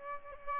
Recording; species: mosquito wingbeat signal from an infrared sensor; Aedes aegypti